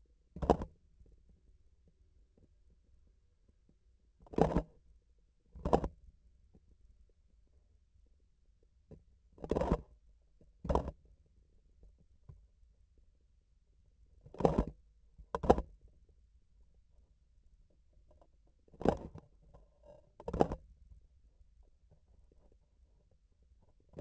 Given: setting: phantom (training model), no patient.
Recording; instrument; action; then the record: laparoscopic instrument, vibration sensor on the handle end; grasping forceps; opening and closing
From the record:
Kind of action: tool actuation without material contact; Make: other than Olympus